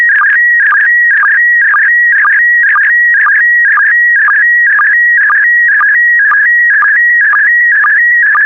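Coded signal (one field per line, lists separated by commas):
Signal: SSTV (slow-scan television)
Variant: PD120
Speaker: the next image transmission will start in 10 seconds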